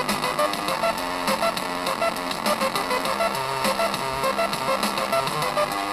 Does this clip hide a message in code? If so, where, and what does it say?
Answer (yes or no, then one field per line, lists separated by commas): no